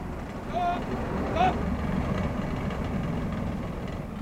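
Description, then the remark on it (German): A vehicle engine rumbles steadily, low and continuous, as the driver puts it in gear and pulls away, with two brief raised voices cutting in near the start. “Während sie noch mit ihm herumstritten, warf ich den Gang rein und fuhr an.”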